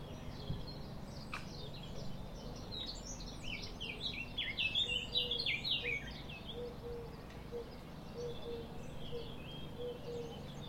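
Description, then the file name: Eurasian blackcap warbling song: a fast, rich burst of varied chattering and fluty notes lasting about three seconds, over faint scattered chirps, a low repeated tonal note and steady background hum. "Sylvia atricapilla"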